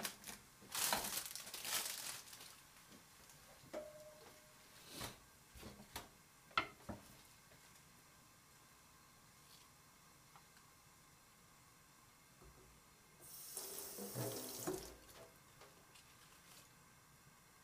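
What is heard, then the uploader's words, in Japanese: Dishwashing after a meal: a hissing burst of running water near the start, scattered clinks of dishes, quiet, then another stream around thirteen seconds. 洗い物の後はえびそば。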